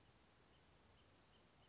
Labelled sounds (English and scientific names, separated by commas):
Brown Creeper (Certhia americana)